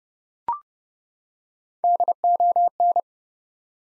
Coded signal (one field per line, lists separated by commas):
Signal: Morse code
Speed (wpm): 30 wpm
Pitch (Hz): 700 Hz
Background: none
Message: DON